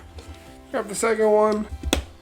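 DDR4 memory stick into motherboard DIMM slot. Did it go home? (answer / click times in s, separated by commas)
yes / 1.9 s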